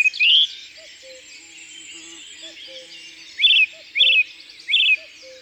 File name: Grive musicienne Concerts Naturels de la Drome Studio les Trois Becs